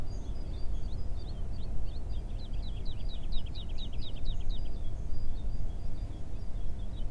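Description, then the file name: Woodlark song: a long series of soft, liquid downslurred notes, densest in the middle, heard over a heavy low rumble. Recorded on 28 February 2022. "Alouette lulu 2022-02-28"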